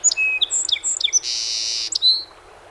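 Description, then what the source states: Song sparrow song: a run of high whistled notes and quick chips, then a long buzzy trill, ending with a clear slurred whistle. Recorded 7 June 2018; recording holds 21 songs.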